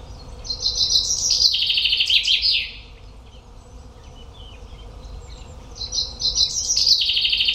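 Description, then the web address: Common chaffinch singing two songs separated by a pause, each a fast cascading trill dropping in pitch and closing with an emphatic flourish; the second song is cut off. "Deverinetal"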